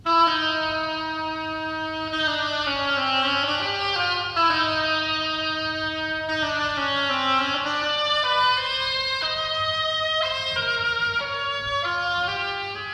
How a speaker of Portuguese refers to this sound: Sônia, a pata, será representada por um instrumento chamado oboe e que soa assim.